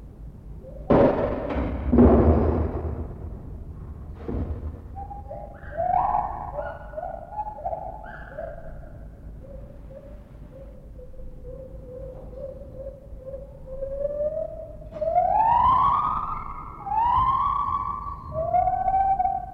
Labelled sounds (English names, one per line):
Lar Gibbon